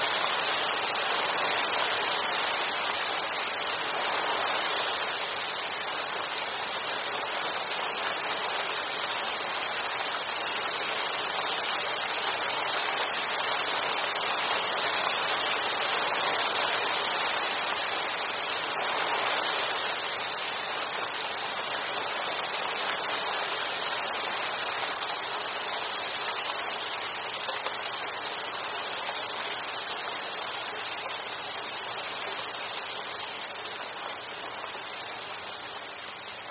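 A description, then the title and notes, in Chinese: Rain heard from beneath the eaves: a dense, steady hiss of falling drops that fills the mid and upper range with little low rumble. The level holds even throughout, with only slight swells around five and twenty seconds and a gentle easing toward the end. 屋檐下听雨。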